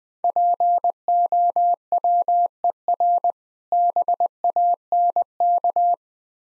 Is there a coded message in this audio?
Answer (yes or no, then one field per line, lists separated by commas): yes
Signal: Morse code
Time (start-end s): 0.2-5.9 s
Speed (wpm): 20 wpm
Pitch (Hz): 700 Hz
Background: none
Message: POWER BANK